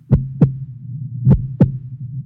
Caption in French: Il roule une feuille de papier en cylindre, la pose sur la poitrine de sa patiente et écoute à l'autre bout. Les battements du cœur lui paraissent plus distincts qu'en écoutant directement.